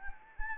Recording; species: mosquito wingbeat signal from an infrared sensor; Anopheles arabiensis